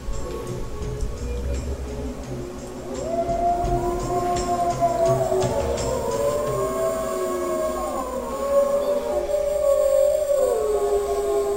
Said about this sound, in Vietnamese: Âm thanh của nghìn vạn con sói cùng tru lên ấy mới thực sự là núi non rung chuyển. Khí thế đáng sợ ấy tự như khiến cho cả mây trên trời cũng phải lùi bước.